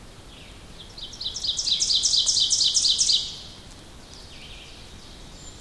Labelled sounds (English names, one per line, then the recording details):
Ovenbird song
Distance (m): 10 m
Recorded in boreal forest in Alberta, Canada, on 2 June 2016 at 07:33
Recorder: SongMeter 3, array SBT-3-7
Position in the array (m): 50 m, 153 m
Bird 4